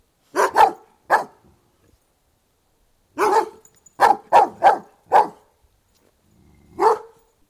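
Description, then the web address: Doberman barking in irregular bursts of deep, harsh barks, some doubled and several in quick succession, separated by silent gaps. Outdoors. "Sound Effects-BBC Dogs Barking BBC"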